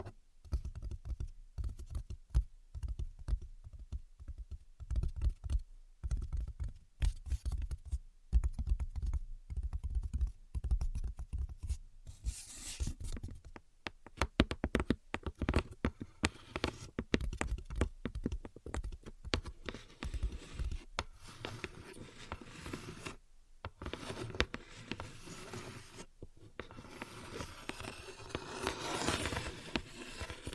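Quick, uneven tapping and scratching run throughout, made of dense clusters of short clicks with brief pauses between bursts. Some taps carry a low thud, while later scratches sound brighter and rougher, blending into a more continuous rasp near the end.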